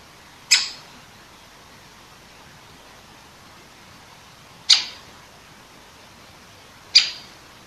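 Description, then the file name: Great Spotted Woodpecker, three sharp metallic 'kik' calls separated by gaps of about two to four seconds, with only soft background noise between. Recorded 21 September 2015 at 19:10. "dzieciol duzy nikolay sariev - (dendrocopos major), 2015-09-21 , 19 10"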